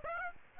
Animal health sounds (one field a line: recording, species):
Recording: mosquito wingbeat signal from an infrared sensor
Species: Aedes aegypti